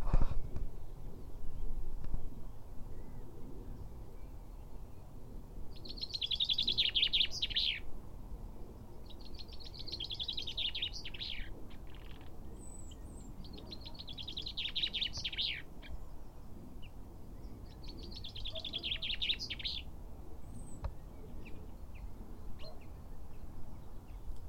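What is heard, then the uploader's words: A chaffinch sings four bright, rattling song phrases at regular intervals, each lasting about two seconds, starting around six seconds in. A steady low rumble of wind or traffic runs underneath throughout, with a few faint chirps between phrases. CHAFFINCH SONG. Chaffinches (Fringilla coelebs).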